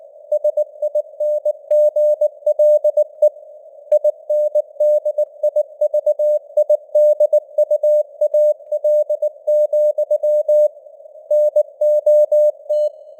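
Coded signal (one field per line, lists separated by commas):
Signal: Morse code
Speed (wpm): 19 wpm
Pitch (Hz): 600 Hz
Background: none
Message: SINGLE INDIVIDUAL, NOT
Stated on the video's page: Simulated Morse news headlines at 19 wpm with simulated radio noise and varying signal strength (QSB).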